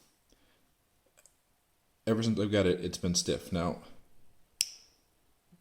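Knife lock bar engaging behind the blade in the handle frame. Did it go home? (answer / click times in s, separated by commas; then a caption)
yes / 4.6 s. The blade of a knock-off Chris Reeve Large Sebenza 21 folding knife is opened, and its stiff steel frame-lock bar snaps across behind the blade in the handle frame to lock it open. Someone talks, then a single sharp click is heard at 4.6 s as the lock seats.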